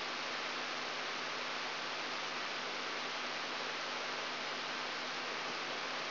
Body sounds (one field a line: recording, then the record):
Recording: brain microelectrode recording played as sound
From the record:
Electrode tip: outside the subthalamic nucleus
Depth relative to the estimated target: -8 mm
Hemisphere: right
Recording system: AlphaMap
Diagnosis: Parkinson's disease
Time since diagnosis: 24 years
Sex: male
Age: 67 years